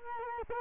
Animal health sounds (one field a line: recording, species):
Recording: mosquito wingbeat signal from an infrared sensor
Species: Culex quinquefasciatus